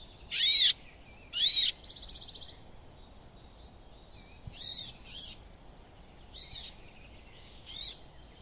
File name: Sylvia atricapilla